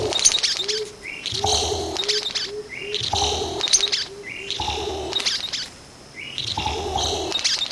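Vogelkop bowerbird calling in repeated phrases of rising notes and mixed harsh sounds over low soft cooing notes, each phrase lasting about a second.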